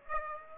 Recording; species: mosquito wingbeat signal from an infrared sensor; Aedes aegypti